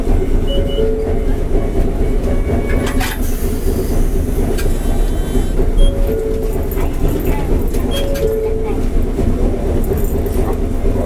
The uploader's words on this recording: 阪堺電車701形 あびこ道から恵美須町まで. 阪堺電気軌道701形電車の走行音です。 阪堺線で録音しました。 It is running sound of train 701 type Hankai Tram Train.